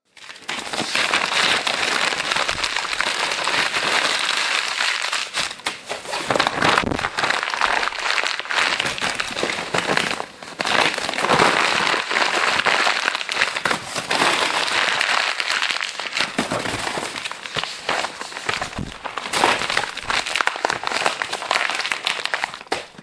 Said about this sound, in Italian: Rumori della carta.